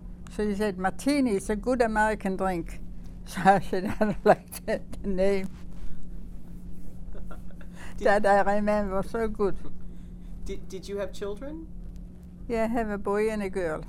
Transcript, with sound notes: So he says, "Martini? Good American drink." (she laughs) So I said, "I don't like that name." (laughs) That I remember so good.
Did, did you have children?
Yeah, I have a boy and a girl.